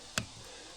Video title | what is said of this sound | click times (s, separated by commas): Hydraulic Cylinder Seal Repair on our Mahindra Max 26 XL Loader - Deep Dive! | Push in till it clicks. See that click? | 0.2 s